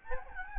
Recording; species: mosquito wingbeat signal from an infrared sensor; Aedes albopictus